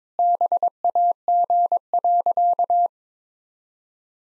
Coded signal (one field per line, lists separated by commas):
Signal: Morse code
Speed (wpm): 22 wpm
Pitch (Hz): 700 Hz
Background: none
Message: BAG.